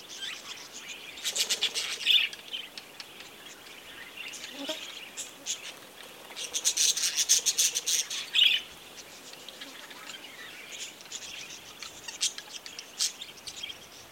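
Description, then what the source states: Budgerigars chattering, rasping and twittering in two louder bursts, with quieter scattered chirps between them. Budgerigars near Gosses Bluff, Northern Territory.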